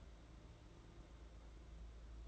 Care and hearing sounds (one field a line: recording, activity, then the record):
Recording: daily activity, microphone in the room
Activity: place on stove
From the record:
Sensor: 3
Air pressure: 991.9 hPa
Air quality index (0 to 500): 227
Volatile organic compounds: 1000 ppm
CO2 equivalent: 7804 ppm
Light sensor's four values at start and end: 25/76/31/26 and 26/76/31/26